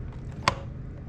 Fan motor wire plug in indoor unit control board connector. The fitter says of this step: You just press down, hear the click, and you can pull out.